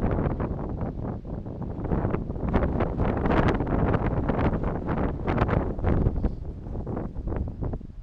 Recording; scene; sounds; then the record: everyday scene through a hearing-aid microphone; wind on the microphone; squally wind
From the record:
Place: parking lot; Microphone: in the ear canal, right